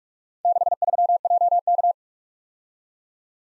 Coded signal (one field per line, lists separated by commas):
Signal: Morse code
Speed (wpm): 45 wpm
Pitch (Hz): 700 Hz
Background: none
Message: 63JK